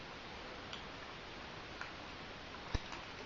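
The chest panel of a plastic BSC-01 Bold Forms Lonewolf (Motormaster) transforming robot figure is lined up and pushed into the torso during transformation, giving two sharp clicks at 0.7 s and 1.8 s over a steady background hiss, with a louder knock near 2.8 s. The chest section clicks into place and is seated.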